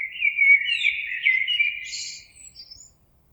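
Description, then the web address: Common blackbird song, one flowing phrase of liquid, warbling whistles that rises into a brief high, scratchy twitter before fading out. Recorded on 26 April 2022. "oiseaux Merle 2022 04 26"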